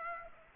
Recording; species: mosquito wingbeat signal from an infrared sensor; Aedes aegypti